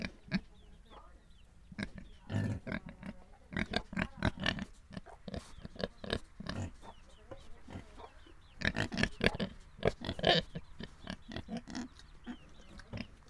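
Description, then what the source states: Pigs grunting and snorting in rapid irregular bursts, busy through the first half, a pause, then a dense cluster of grunts near the end. Pigs recorded in Viñales.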